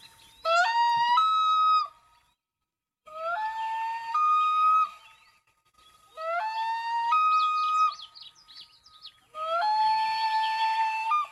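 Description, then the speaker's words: Loon wailing: four long, rich, siren-like wails, each rising then holding steady, separated by short pauses, with faint chirps of other birds behind. Warning wail from a very upset loon defending its newly hatched chick as an eagle flies over; recorded at a cabin in the Chilcotin. "That's a very upset loon that has a baby chick by it, and an eagle is flying over."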